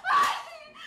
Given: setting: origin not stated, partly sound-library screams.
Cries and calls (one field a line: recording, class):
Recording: one-second piece from a danger detection set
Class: woman in danger